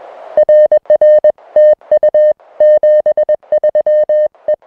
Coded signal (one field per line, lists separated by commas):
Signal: Morse code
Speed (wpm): 21 wpm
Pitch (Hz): 610 Hz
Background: music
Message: RR TU 73 E